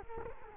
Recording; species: mosquito wingbeat signal from an infrared sensor; Culex quinquefasciatus